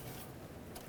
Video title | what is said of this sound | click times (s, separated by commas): Exhaust Pipe with Catalytic Converter 2009-2013 Honda Fit | it up over here snap that into place | 0.8 s